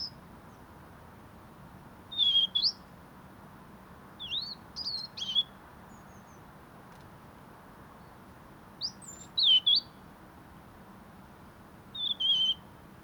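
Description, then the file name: European robin song, several short high phrases of sliding, trilled notes separated by pauses of a few seconds, with faint hiss behind. "Erithacus rubecula"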